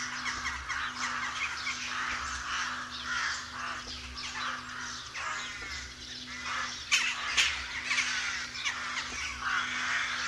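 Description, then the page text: Many rooks giving grating caws and squawks in a busy colony chorus, calls tumbling over one another, with a couple of sharper harsh notes around seven seconds. "Б. Вепринцев - Голоса весны (1970) - A1. Колония грачей"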